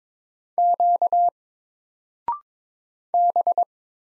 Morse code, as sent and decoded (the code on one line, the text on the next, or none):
--.- / -...
Q B